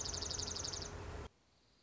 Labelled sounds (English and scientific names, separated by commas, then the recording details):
Dark-eyed Junco (Junco hyemalis)
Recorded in Sonoma County, California